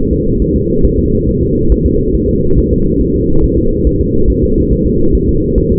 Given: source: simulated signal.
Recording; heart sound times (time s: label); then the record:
fetal heart sounds
0.13 s: S2
0.42 s: S1
0.56 s: S2
0.85 s: S1
0.99 s: S2
1.29 s: S1
1.43 s: S2
1.72 s: S1
1.86 s: S2
2.15 s: S1
2.30 s: S2
2.59 s: S1
2.73 s: S2
3.02 s: S1
3.16 s: S2
3.44 s: S1
3.58 s: S2
3.87 s: S1
4.01 s: S2
4.30 s: S1
4.44 s: S2
4.73 s: S1
4.87 s: S2
5.15 s: S1
5.29 s: S2
5.58 s: S1
5.72 s: S2
From the record:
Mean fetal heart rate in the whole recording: 140 bpm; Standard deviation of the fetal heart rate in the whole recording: 2 bpm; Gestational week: 34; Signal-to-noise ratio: -16.4 dB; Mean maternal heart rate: 72 bpm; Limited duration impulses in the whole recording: present